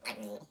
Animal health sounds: pig call; piglet (1 to 25 days)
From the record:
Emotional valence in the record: negative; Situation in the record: restrain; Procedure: back test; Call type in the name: low-frequency call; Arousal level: medium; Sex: male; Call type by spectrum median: low-frequency call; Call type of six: low-frequency stable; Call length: 0.51 s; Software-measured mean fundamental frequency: 53 Hz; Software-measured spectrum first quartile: 470 Hz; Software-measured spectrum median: 1564 Hz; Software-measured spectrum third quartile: 3509 Hz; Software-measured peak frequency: 526 Hz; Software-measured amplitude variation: 190 dB a second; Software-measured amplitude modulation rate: 10.7 a second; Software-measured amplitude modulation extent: 17.7 dB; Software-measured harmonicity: 4.0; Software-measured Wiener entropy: -2.65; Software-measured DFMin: 1252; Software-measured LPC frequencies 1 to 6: 599, 2371, 4292, 5130, 6460, 7542 Hz

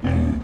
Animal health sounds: pig call; growing-finishing pig (85 days or more)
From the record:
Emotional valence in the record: negative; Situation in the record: barren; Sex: female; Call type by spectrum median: low-frequency call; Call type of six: low-frequency stable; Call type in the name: low-frequency stable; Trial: 1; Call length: 0.44 s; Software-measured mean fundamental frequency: 41 Hz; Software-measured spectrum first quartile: 94 Hz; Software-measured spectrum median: 183 Hz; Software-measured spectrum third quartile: 329 Hz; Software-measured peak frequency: 237 Hz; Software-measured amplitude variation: 166 dB a second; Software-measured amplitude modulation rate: 28.5 a second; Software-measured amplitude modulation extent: 5.8 dB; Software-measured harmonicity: 0.5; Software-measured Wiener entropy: -1.07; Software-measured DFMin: 686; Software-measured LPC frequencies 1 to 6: 1703, 2338, 3053, 3813, 5199, 6255 Hz

